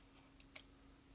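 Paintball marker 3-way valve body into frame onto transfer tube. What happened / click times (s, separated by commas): Part handled, not yet seated / none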